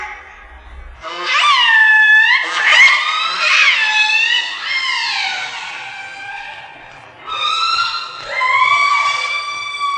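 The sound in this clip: Orca calls: a series of loud, harmonic squeals that sweep up and down, with a brief lull near seven seconds before steadier tones return.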